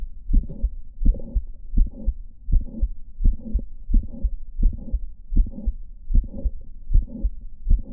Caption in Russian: Пролапс митрального клапана: типичная аускультативная картина.